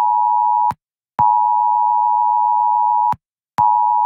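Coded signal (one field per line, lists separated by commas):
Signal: Emergency Alert System (SAME) tones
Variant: 853 and 960 Hz attention tone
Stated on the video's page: Tornado warning alert, made as a requested edited "angry" version.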